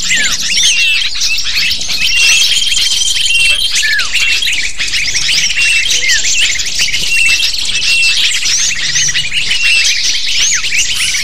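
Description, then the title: Lovebirds keeping up a continuous shrill twittering, with rapid overlapping chirps and short whistled notes from many birds at once. Lure used to attract lovebirds. "PIKAT BURUNG LOVEBIRD"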